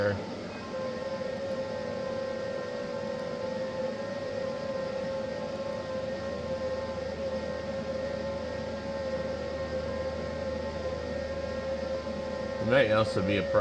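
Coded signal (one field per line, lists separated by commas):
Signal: FT8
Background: speech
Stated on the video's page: FT8 on the 10 m band.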